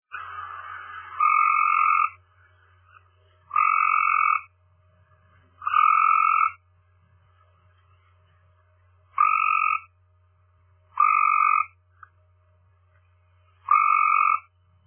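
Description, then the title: Cope's gray treefrog giving short, buzzy trills about a second long, six in fifteen seconds with uneven gaps, over a faint low hum. "chant hyla chrysoscelis"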